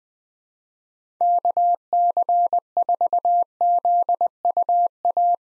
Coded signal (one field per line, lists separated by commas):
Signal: Morse code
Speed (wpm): 21 wpm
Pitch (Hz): 700 Hz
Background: none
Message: KC4ZUA